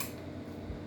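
A Beretta 1301 shotgun is handled as its lifter is let up so the last shell can come out of the magazine tube onto the lifter, where the action bar would lock in the receiver with a click. A brief sharp sound at the start gives way to steady low-pitched handling noise, with a soft low thump near 0.7 s. Nothing has seated or clicked yet when the clip ends.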